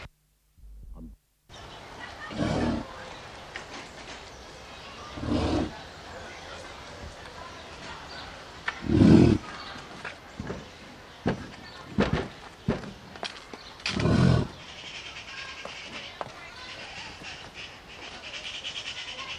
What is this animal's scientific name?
Bison bison